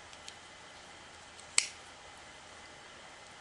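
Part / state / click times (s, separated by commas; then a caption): smooth knife blade in multitool handle / seated / 1.6 s. The smooth steel knife blade of a Leatherman Charge TTi multitool is swung open until it locks into place in the handle, giving a sharp click at 1.6 s. A few faint small ticks come before it in an otherwise quiet clip.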